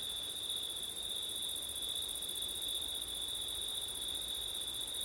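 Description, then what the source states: Cricket chorus: a continuous high, ringing trill that never pauses, with faint wind noise below. September night, with wind.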